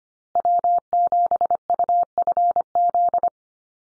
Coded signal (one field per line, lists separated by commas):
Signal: Morse code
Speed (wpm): 25 wpm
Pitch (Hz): 700 Hz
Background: none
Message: W7UFZ